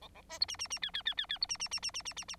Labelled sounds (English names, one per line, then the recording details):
Bengalese Finch song
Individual Bird9